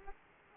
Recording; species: mosquito wingbeat signal from an infrared sensor; Culex quinquefasciatus